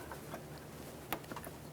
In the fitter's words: There we are, we got a nice click from that.